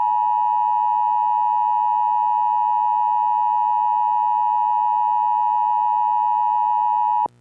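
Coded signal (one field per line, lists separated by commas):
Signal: Emergency Alert System (SAME) tones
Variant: 853 and 960 Hz attention tone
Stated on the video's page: Mock emergency alert for a nuclear strike during a snowstorm, made for entertainment, not a real alert, using valid EAS tones.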